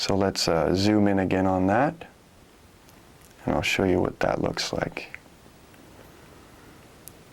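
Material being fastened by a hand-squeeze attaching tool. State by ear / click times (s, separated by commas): seated / 7.1 s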